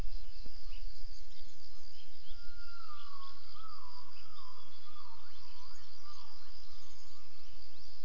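Gibbon calls: a series of swooping, whistled notes that slide down and up, repeating over several seconds, over a steady high hum of insects.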